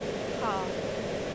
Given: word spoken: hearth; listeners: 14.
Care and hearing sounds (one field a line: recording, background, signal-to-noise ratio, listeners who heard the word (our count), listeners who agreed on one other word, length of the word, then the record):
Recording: one English word in noise, from a listening test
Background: speech-shaped noise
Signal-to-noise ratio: -4.8 dB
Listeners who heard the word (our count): 0 of 14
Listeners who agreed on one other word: 10 of 14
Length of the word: 0.95 s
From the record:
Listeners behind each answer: 10, 2, 1, 1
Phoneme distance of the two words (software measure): 17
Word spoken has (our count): 1 syllable, 3 phonemes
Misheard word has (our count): 1 syllable, 2 phonemes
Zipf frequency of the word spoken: 3.09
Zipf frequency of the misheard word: 5.44